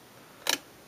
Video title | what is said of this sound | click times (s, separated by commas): Mac Mini Server 2011 Quad Core i7 and ram Upgrade | and you should hear a click | 0.5 s